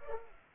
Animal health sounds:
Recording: mosquito wingbeat signal from an infrared sensor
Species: Culex pipiens

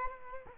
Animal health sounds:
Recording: mosquito wingbeat signal from an infrared sensor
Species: Culex quinquefasciatus

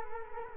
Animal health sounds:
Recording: mosquito wingbeat signal from an infrared sensor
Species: Culex quinquefasciatus

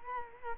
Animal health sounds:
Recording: mosquito wingbeat signal from an infrared sensor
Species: Culex quinquefasciatus

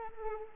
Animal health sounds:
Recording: mosquito wingbeat signal from an infrared sensor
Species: Anopheles arabiensis

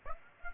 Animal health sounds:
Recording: mosquito wingbeat signal from an infrared sensor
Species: Aedes aegypti

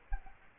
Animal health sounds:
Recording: mosquito wingbeat signal from an infrared sensor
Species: Culex quinquefasciatus

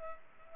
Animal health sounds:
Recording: mosquito wingbeat signal from an infrared sensor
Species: Culex pipiens

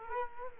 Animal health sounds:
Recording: mosquito wingbeat signal from an infrared sensor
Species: Culex quinquefasciatus

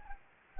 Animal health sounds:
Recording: mosquito wingbeat signal from an infrared sensor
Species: Anopheles gambiae

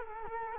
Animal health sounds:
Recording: mosquito wingbeat signal from an infrared sensor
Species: Culex quinquefasciatus

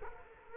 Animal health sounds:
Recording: mosquito wingbeat signal from an infrared sensor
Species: Culex quinquefasciatus

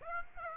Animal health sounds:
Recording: mosquito wingbeat signal from an infrared sensor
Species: Aedes aegypti

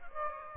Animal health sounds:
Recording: mosquito wingbeat signal from an infrared sensor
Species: Aedes aegypti

